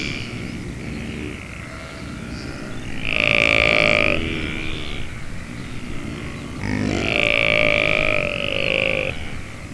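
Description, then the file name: Saiga calling within a herd: two drawn-out nasal bleats, each lasting about a second or more, over continuous low background noise. "Saiga tatarica saiga herd"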